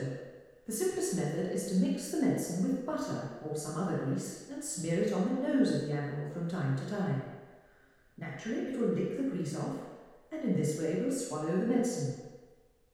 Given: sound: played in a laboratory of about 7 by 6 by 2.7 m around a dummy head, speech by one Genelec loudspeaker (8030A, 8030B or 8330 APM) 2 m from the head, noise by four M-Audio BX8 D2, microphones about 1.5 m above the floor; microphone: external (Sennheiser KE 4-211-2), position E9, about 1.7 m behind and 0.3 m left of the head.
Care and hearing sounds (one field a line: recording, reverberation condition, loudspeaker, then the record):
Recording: female speech in English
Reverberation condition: high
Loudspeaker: 120 degrees to the left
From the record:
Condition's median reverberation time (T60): about 1300 ms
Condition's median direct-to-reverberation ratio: about -4.0 dB